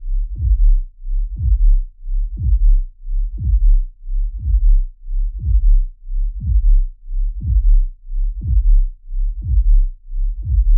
Heartbeat Regular.